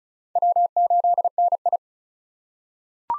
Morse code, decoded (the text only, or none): W8NI